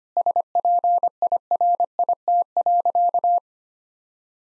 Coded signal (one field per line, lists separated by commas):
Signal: Morse code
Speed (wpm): 25 wpm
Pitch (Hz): 700 Hz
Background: none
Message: SPIRIT.